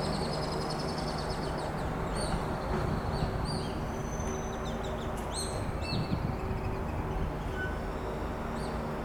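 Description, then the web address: Swift give shrill, buzzy screams in quick overlapping bursts, with one longer drawn-out scream midway; a constant low rumble runs underneath. August 2019; calls in a soundscape. "sounds 2019 08 swift calls soundscape"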